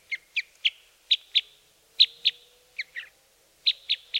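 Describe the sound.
Red crossbill calls: sharp, clipped 'kip' notes given singly and in pairs, about a dozen in four seconds, with a faint low hum underneath.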